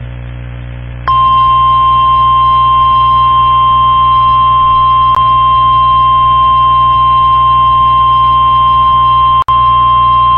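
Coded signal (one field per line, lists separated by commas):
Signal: Emergency Alert System (SAME) tones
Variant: 1050 Hz attention tone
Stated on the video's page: Severe thunderstorm warnings recorded from weather radio station KIH35.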